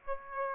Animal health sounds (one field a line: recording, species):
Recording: mosquito wingbeat signal from an infrared sensor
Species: Aedes aegypti